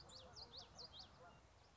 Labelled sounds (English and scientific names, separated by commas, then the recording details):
Common Yellowthroat (Geothlypis trichas)
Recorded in Sonoma County, California